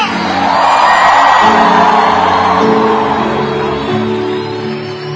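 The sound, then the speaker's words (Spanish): A crowd of voices erupts in a loud, sustained victory shout, a dense roar of whoops and yells that holds steady for several seconds before gradually easing off. “¡Grito de victoria!”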